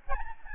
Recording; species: mosquito wingbeat signal from an infrared sensor; Aedes albopictus